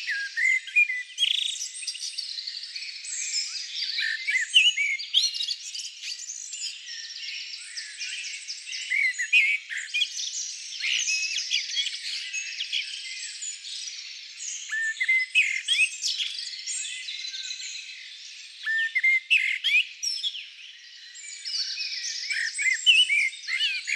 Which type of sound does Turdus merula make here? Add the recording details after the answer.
song. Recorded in the wild. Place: Lilienhof / Kaiserstuhl, Baden-Württemberg, DE. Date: 1999-04-05. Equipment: MiniDisc Sony MZ-R35, Telinga DAT, Telinga-Parabolspiegel. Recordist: Schwarz, Dieter